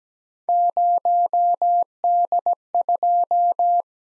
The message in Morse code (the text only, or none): 0D2